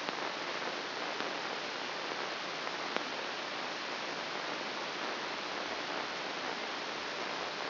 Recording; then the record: brain microelectrode recording played as sound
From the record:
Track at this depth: inside the subthalamic nucleus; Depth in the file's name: 4.51 mm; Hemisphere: left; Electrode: 3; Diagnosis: Parkinson's disease